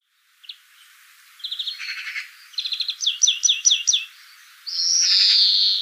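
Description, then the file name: European greenfinch calls: a short chip, then rapid buzzy trills and a run of five falling notes, ending in a long, drawn-out nasal wheeze. "Chloris chloris"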